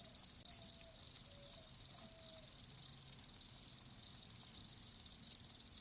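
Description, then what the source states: Cricket chirping as a steady high, faint trill, with a few brief whistled notes from another animal and two sharp clicks. Live crickets chirping.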